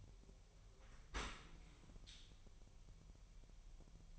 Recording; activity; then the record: daily activity, microphone in the room; open dishwasher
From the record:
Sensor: 1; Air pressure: 1000.6 hPa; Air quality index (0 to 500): 247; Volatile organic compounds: 141 ppm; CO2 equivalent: 3980 ppm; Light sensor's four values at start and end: 11/28/11/12 and 11/28/11/12